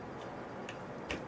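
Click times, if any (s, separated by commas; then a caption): 1.1 s. The stationary stand leg on a Maxi Cozi Kori baby rocker chair had not clicked in, so it is pushed again and snaps into place, seating at 1.1 s. A fainter tick sounds just before at 0.7 s over a steady background hiss, and the stand is now locked in its stationary position.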